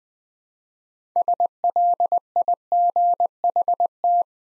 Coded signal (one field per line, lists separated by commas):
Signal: Morse code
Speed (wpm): 20 wpm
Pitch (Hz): 700 Hz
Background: none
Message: SLIGHT